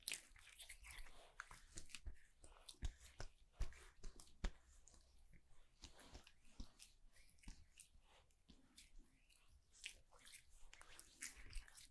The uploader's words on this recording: ASMR Relaxing Barber Shop (No Talking) Haircut, Shaving, Shampoo & Massage, etc.